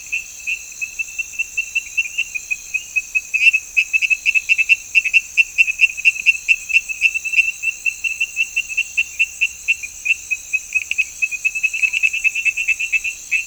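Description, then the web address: Frog giving a long run of quick, high-pitched chirping pulses, several a second, with a constant high hum behind. "Frogs World. call voice"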